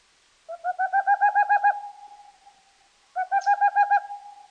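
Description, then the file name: Boreal owl song: two quick runs of several soft, even hoots, the second starting roughly 2.7 seconds after the first, with a faint lingering tone between. "wlochatka"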